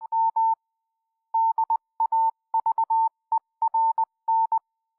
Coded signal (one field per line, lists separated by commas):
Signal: Morse code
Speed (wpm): 20 wpm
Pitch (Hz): 900 Hz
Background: none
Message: M DAVERN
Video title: North East telegraph Line 12 4 25